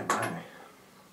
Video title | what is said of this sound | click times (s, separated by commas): Build the AIY Vision Kit Start to Finish | hear it just snap in took quite a bit of force | 0.1 s